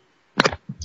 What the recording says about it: I tried to cover up the mic, and it just didn't work. You sneezed directly into it.